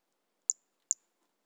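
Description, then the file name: Toadlet giving two short, very high, tinny notes about half a second apart in a quiet background. Recorded on 18 January 2018; specimen collected. "Brachycephalus mirissimus. A E Confetti"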